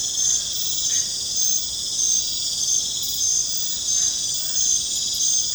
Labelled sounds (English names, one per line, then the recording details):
none
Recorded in pastures near Puerto Asís, Putumayo, Colombia, on 21 December 2024 at 21:30
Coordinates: 0.466, -76.322
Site G040